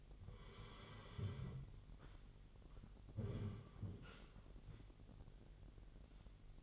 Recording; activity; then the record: daily activity, microphone in the room; sit down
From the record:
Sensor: 4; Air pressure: 999.3 hPa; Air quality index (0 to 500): 114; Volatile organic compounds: 2 ppm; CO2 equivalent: 1126 ppm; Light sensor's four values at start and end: 13/32/13/14 and 13/32/13/14